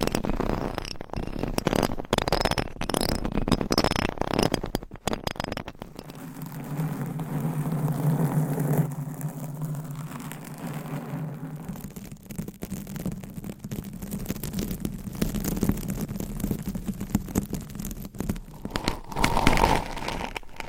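Nails scratch over microphones and their covers in dense, rough bursts. The first five seconds are bright and busy with rapid strokes; after that a steadier low rubbing hum takes over, with scattered crinkles and scrapes, and a sharper brushing returns near the end.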